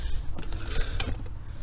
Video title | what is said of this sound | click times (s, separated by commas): Interlude 2025 to 2026 OCT | So snap into place. | 1.0 s